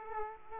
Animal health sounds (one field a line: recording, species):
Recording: mosquito wingbeat signal from an infrared sensor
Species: Aedes aegypti